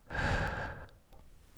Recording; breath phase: one breath near a microphone; exhalation